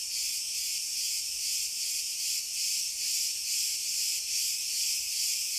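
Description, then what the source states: Cicada chorus, a steady shrill buzzing drone with soft rhythmic swells of loudness repeating a couple of times each second. Cicadas calling in pine trees.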